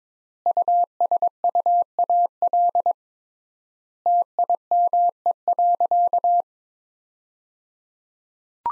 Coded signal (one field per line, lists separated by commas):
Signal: Morse code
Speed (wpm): 22 wpm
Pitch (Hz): 700 Hz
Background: none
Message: USUAL TIME.